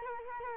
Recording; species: mosquito wingbeat signal from an infrared sensor; Culex quinquefasciatus